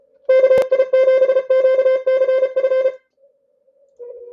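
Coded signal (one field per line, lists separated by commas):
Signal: Morse code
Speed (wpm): 34 wpm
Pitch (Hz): 1550 Hz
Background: none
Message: KI7QCF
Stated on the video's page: ARRL International DX Contest CW traffic.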